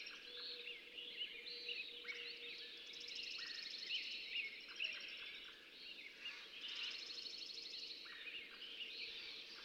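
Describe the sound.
Fox sparrow song, faint, with two phrases near three and seven seconds against a loud, noisy background.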